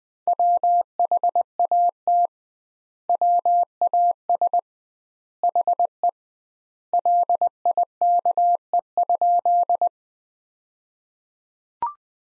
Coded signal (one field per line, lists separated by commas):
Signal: Morse code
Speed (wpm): 20 wpm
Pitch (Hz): 700 Hz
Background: none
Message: WHAT WAS HE LIKE?